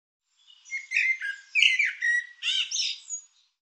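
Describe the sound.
Bird calls, a rapid string of squeaky, chattering notes with whistled slurs and buzzy harsh elements, about three seconds long.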